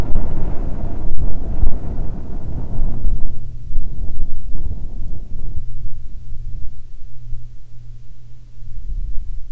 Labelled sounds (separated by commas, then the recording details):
wind
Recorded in the Prudhoe Bay oil fields, Alaska, on 7 August 2019 at 14:22
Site 17